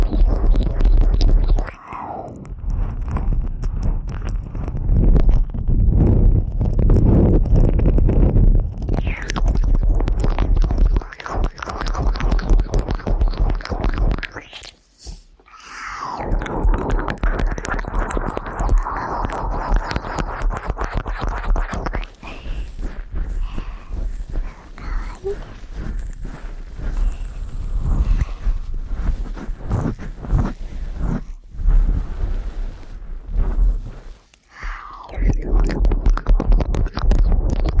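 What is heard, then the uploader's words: Close, dense wet mouth sounds and crackling scratches fill the clip continuously, with brief pauses near 2, 15 and 34 seconds. ASMR Intense Ear Eating.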